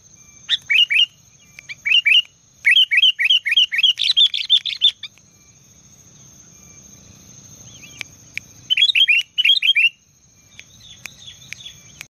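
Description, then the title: Sooty-headed bulbul singing quick runs of liquid, bouncing whistled notes in bursts, with sharp clicks, a low rumbling background and a thin constant high-pitched tone. "Kutilang"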